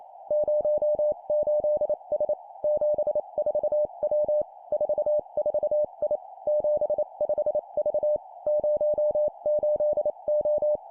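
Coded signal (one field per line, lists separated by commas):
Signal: Morse code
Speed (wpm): 28 wpm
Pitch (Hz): 600 Hz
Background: none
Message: 08S 74W 44I 75V 08O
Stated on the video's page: Morse code copy-speed practice at 25 wpm of three-character groups: number, number, letter.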